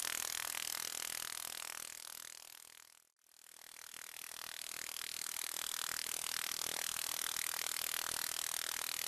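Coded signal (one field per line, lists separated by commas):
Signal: radar signal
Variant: 29B6 Container OTH radar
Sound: harsh rapid buzzing rasp of regular pulses across wide band, brief dropout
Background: radio static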